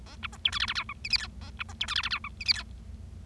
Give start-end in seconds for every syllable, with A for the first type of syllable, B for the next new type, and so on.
0.06-0.15 A, 0.23-0.27 B, 0.32-0.37 C, 0.45-0.50 D, 0.52-0.58 E, 0.60-0.66 F, 0.68-0.73 F, 0.75-0.83 G, 0.89-0.93 H, 1.04-1.08 I, 1.10-1.17 J, 1.18-1.27 K, 1.41-1.50 A, 1.59-1.63 B, 1.69-1.73 C, 1.80-1.86 D, 1.88-1.94 E, 1.95-2.02 F, 2.03-2.09 F, 2.11-2.19 G, 2.24-2.29 H, 2.40-2.44 I, 2.46-2.53 J, 2.54-2.63 K